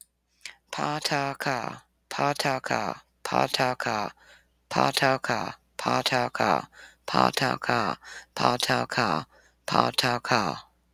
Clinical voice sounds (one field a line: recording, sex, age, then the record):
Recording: repeated syllables /pa ta ka/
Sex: female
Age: 40 to 49 years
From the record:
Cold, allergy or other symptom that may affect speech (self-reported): no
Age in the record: 42 years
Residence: Tennessee, United States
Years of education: 12